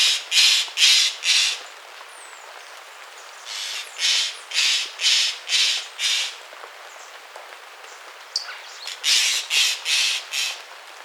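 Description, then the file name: Bird calling in harsh, scratchy bursts, delivered in three runs of four or five notes with short pauses between them. "SABIOD 50 bird 2015"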